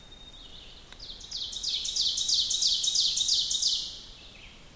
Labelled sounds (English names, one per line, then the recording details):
Ovenbird song
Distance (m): 30 m
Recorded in boreal forest in Alberta, Canada, on 2 June 2016 at 06:17
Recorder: SongMeter 3, array SBT-3-7
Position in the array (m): -2 m, 87 m
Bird 7